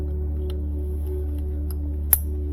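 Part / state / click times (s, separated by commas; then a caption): wiring harness connector into its mating connector / seated / 2.1 s. On the engine wiring of a Scion iQ during a coil and plug replacement, a plastic wiring harness connector is pushed into its mating connector until its lock engages. A steady low, tonal hum runs throughout, with faint ticks at 0.5 and 1.7 seconds and one sharp, loud snap at 2.1 seconds. The connector is locked in place.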